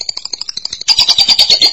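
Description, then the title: Lovebird chatter: quick, repeated high squeaky pulses that turn louder and harsher partway through. "BM Suara Burung Lovebird"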